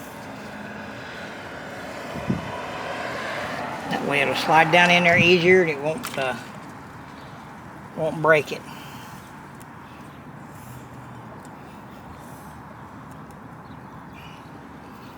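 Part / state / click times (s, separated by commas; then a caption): plastic clip-in part into its mount on a pickup truck / not seated / none. A plastic clip-in part is eased down into its mount on a 2000 Ford Ranger XLT pickup truck, handled carefully so it won't break. Someone talks over a steady low background noise, with a short thump near 2.3 s. Nothing has seated or clicked yet by the end of the clip.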